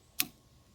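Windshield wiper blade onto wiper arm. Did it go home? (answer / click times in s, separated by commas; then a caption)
yes / 0.2 s. A driver's side windshield wiper blade on a Bronco Sport is slid back along the wiper arm hook until it snaps into place. A single sharp, bright click is heard at 0.2 s, briefly ringing in the high frequencies with a short low thump, then quiet. The blade is seated on the arm.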